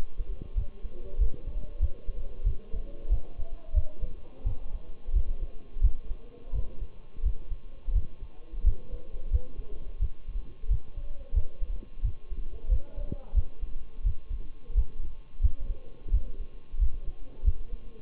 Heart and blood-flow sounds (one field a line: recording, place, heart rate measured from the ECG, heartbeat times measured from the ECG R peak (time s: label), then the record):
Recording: heart sounds by stethoscope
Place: between the tricuspid and mitral areas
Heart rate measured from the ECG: 89 bpm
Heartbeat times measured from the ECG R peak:
0.57 s: heartbeat
1.20 s: heartbeat
1.82 s: heartbeat
2.46 s: heartbeat
3.11 s: heartbeat
3.76 s: heartbeat
4.46 s: heartbeat
5.15 s: heartbeat
5.83 s: heartbeat
6.54 s: heartbeat
7.25 s: heartbeat
7.95 s: heartbeat
8.66 s: heartbeat
9.32 s: heartbeat
10.01 s: heartbeat
10.70 s: heartbeat
11.35 s: heartbeat
12.04 s: heartbeat
12.71 s: heartbeat
13.36 s: heartbeat
14.06 s: heartbeat
14.77 s: heartbeat
15.43 s: heartbeat
16.13 s: heartbeat
16.80 s: heartbeat
17.46 s: heartbeat
From the record:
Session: Bruce protocol treadmill stress test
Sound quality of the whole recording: partially saturated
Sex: male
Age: 23 years